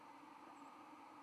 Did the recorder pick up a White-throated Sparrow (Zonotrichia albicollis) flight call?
yes